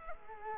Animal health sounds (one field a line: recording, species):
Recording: mosquito wingbeat signal from an infrared sensor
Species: Culex quinquefasciatus